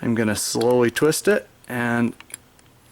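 During a turbocharger rebuild, a metal turbine heat shield is being handled over the oil seal, ready to be slowly twisted into the turbocharger center housing on the turbine side. Someone talks for most of the clip, and two brief faint ticks follow near 2.3 and 2.6 seconds. The shield has not seated or clicked in yet.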